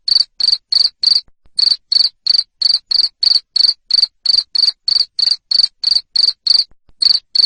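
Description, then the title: Cricket chirps, shrill and pulsed, repeated roughly every third of a second with two short breaks in the sequence. Loud cricket chirping used to make lovebirds sing continuously. "Suara JANGKRIK NGERIK Keras Bikin LOVEBIRD Jadi NGEKEK Terus Vubey"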